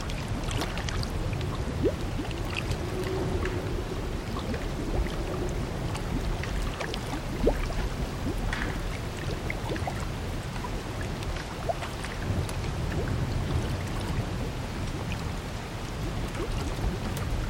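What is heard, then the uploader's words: Steady splashing and trickling water at a hot spring, dense and low-weighted, with scattered sharp drips and a faint hum around two to six seconds. Nordic Hot Spring | Winter Hot Spring Ambience for Deep Relaxation. It's a clear, cold winter night in the Nordic. Ice coats the branches of the trees, and snow covers the ground.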